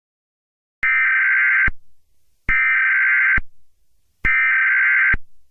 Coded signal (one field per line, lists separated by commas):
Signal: Emergency Alert System (SAME) tones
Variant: header bursts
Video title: Eas mock tornado warning to require weekly test￼￼